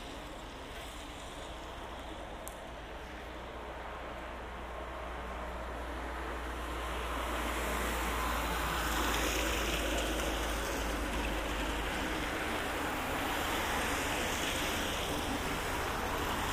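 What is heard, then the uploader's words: Walking through Harrogate, a steady wash of traffic noise thickens and grows louder after about seven seconds, with a low rumble beneath throughout. Dragon Parade to Claro Road - An Audio Walk In Harrogate. This is a recording of my walk from Dragon Parade to Claro Road.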